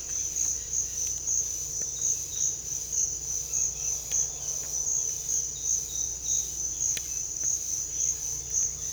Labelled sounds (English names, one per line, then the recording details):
none
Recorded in secondary vegetation near Puerto Asís, Putumayo, Colombia, on 21 December 2024 at 06:00
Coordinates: 0.488, -76.319
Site GP04